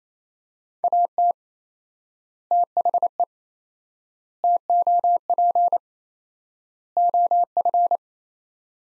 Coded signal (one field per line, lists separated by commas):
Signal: Morse code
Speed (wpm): 28 wpm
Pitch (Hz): 700 Hz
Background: none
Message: AT THE TOP OF